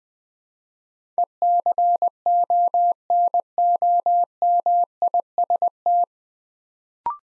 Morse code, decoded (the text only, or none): ECONOMIST